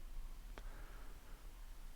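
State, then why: Seated. A wire connector is pushed back into its socket on the circuit board of an Advance Paris A10 Classic integrated tube amplifier during a tube replacement done to fix a crackling sound. A single sharp click at 0.6 s marks the connector snapping in and seating, over a faint steady background hiss.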